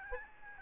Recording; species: mosquito wingbeat signal from an infrared sensor; Aedes albopictus